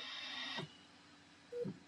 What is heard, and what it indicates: This is the sound of a ventilator.